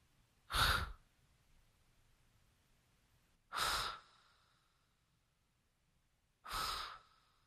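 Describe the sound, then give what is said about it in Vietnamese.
Three slow, heavy breaths come at even intervals, each a soft, airy wheeze with a hissing edge, separated by quiet pauses over a faint low hum, heard in a dark, damp garage during the day. “Đang mải mê làm, ông bỗng nghe từ đâu có tiếng thở khe khẽ, tiếng thở phì phò phì phò.”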